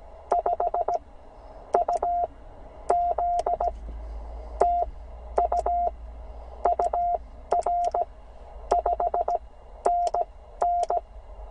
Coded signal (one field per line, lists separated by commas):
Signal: Morse code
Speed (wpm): 17 wpm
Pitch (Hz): 700 Hz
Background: none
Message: 5UZ TU UR 5NN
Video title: Some CW copy practice from Tennessee with AA4SB today